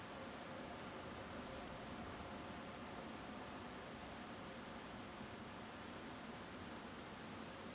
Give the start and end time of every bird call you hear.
[0.87, 0.94] Song Thrush

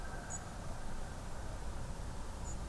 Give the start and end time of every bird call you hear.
[0.29, 0.38] European Robin
[2.44, 2.54] European Robin

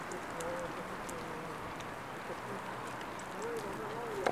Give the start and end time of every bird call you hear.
[0.10, 0.14] European Robin
[3.18, 3.45] European Robin

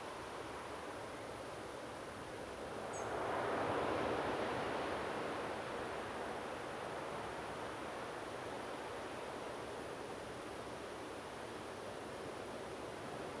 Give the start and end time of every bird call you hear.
[2.93, 3.05] European Robin

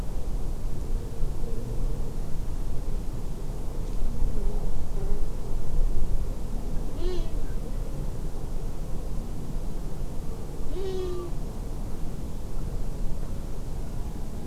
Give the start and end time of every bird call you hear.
[6.96, 7.34] Long-eared Owl
[10.70, 11.30] Long-eared Owl

